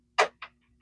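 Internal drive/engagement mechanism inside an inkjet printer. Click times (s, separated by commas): 0.4 s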